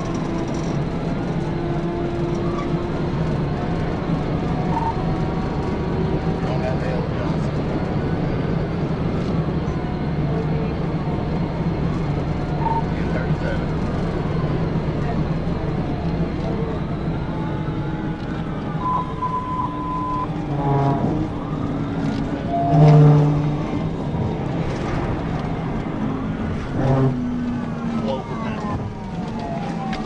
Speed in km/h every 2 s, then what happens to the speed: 180, 190, 195, 195, 182, 188, 192, 179, 163, 158, 159, 161, 135, 122, 98.
0-4 speeds up to 195. 4-30 brakes to 98.